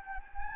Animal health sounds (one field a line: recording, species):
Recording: mosquito wingbeat signal from an infrared sensor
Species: Anopheles gambiae